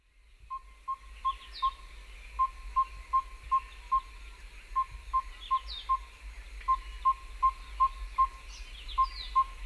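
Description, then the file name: Yellow-rumped tinkerbird giving a steady series of short, pure, low hooting notes at one pitch, about two or three per second, with other birds chirping faintly in the background. "Yellow-rumped Tinkerbird (Pogoniulus bilineatus)"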